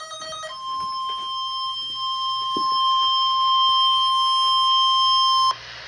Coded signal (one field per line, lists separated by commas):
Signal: Emergency Alert System (SAME) tones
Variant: 1050 Hz attention tone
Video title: Severe Weather Statement (EAS #164)